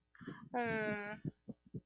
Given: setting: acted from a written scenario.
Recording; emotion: vocal sound without words; sympathy